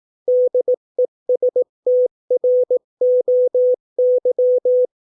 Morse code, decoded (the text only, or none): DESTROY